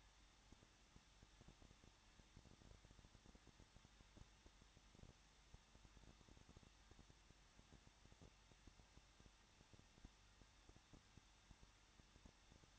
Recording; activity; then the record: daily activity, microphone in the room; no activity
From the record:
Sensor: 3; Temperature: 21.2 degrees Celsius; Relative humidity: 36.3%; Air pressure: 1006.2 hPa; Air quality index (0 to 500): 222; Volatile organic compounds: 41 ppm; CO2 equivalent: 3168 ppm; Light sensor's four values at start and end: 2/3/2/2 and 2/3/2/2